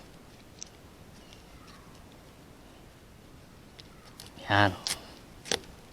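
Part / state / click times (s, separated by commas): twist-lock fitting into its mating part (unidentified, gardening setup) / seated / 5.5 s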